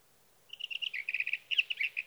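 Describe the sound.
Sage thrasher singing a quick run of clipped, bubbling notes, closely spaced and varied, with faint background hiss.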